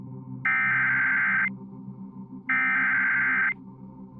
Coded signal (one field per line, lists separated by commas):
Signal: Emergency Alert System (SAME) tones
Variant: header bursts